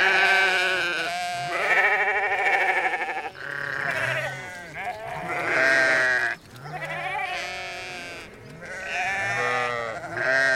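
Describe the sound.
Sheep giving a run of long, tremulous bleats one after another, with a wobbling vibrato and only brief breaks between calls.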